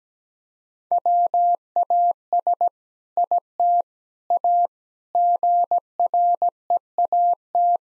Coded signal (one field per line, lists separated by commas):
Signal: Morse code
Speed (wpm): 17 wpm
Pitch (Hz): 700 Hz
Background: none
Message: WAS IT A GREAT